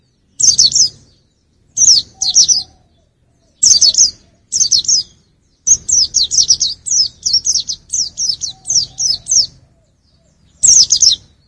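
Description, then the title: White-eye song: bursts of high, rapid, downslurred chirping notes, with short pauses between phrases and one longer run of notes in the middle. "Burung Campur3. pleci usro"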